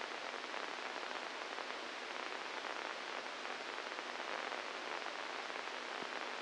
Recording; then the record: brain microelectrode recording played as sound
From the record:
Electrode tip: inside the subthalamic nucleus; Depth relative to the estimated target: 0 mm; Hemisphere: right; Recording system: NeuroSet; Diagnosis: Parkinson's disease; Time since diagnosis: 8 years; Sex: male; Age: 46 years